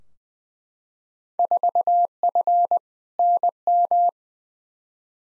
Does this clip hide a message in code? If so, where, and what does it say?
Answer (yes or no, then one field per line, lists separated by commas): yes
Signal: Morse code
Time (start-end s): 1.4-4.1 s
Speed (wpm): 21 wpm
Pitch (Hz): 700 Hz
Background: none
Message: 4F NM